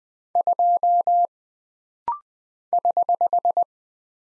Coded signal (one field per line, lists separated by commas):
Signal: Morse code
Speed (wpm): 20 wpm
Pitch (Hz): 700 Hz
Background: none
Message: 2 <HH>